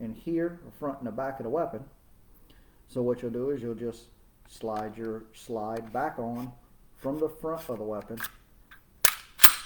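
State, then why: Seated. Someone talks while sliding a pistol slide onto the frame rails from the front of the weapon and pushing it back. A sharp metallic click at 9.1 s marks the slide seating home on the frame, followed by a second click just after.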